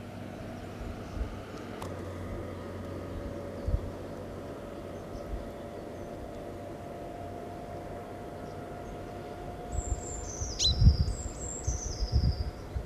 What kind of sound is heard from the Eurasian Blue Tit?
song